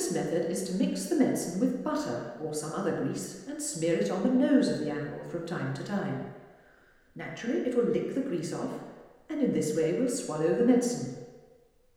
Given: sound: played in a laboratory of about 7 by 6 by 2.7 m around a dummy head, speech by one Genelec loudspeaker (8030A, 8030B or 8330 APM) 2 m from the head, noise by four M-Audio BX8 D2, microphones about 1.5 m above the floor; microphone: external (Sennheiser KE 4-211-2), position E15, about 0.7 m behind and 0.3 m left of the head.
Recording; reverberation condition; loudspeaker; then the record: female speech in English; high; 120 degrees to the left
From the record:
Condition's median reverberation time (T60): about 1300 ms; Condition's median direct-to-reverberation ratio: about -4.0 dB